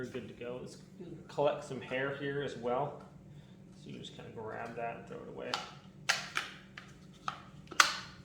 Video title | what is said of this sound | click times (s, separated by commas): HOW TO CLEAN THE SHARK WANDVAC | that just snaps into place | 7.8 s